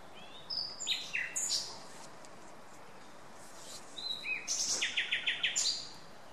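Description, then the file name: Common nightingale with two song phrases separated by a pause: scattered whistled and slurred notes, then a second phrase with a fast rattle of several repeated notes. "Luscinia megarhynchos"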